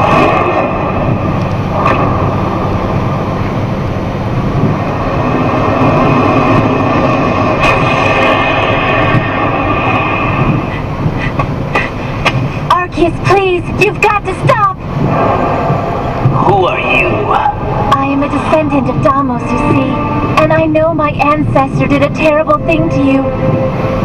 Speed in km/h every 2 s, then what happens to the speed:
109, 111, 113, 113, 110, 113, 113, 112, 112, 111, 110, 111.
0-24 steady at about 111.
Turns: none.